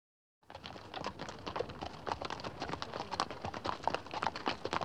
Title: NHK Sound Effects Collection - 3-Frogs, Crickets, Cicadas, Horses, Dogs